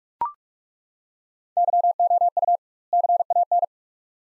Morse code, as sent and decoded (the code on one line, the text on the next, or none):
-.-- --- ..- / -.-. .- -.
YOU CAN